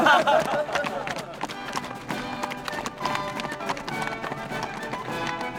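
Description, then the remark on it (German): Two horses' hooves clip-clop in a brisk, steady rhythm of sharp knocks as riders ride out of a fortress, holding a fairly even loudness throughout, with a faint tonal murmur running beneath the hoofbeats. “Simplicius erhielt zwei neue Pferde und ritt mit seinem Herzbruder freudevoll zur Festung hinaus.”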